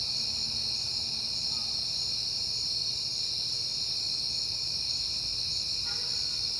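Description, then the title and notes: Cricket chorus: constant high ringing throughout. Crickets at night in September, on a peaceful night. "Night Time: Crickets and Passing Cars. It is September and I have been hearing the crickets a lot, but finally had a peaceful night to make the recording"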